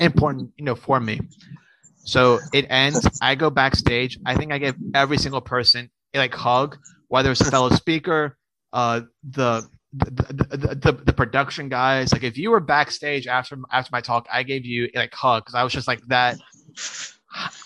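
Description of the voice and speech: Adult man speaking mostly fluently, with a sound repetition ("th-th-th-the") and a drawn-out filler: stuttering. He is a self-published author and TEDx speaker on stuttering.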